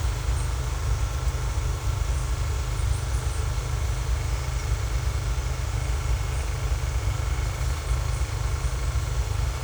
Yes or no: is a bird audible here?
no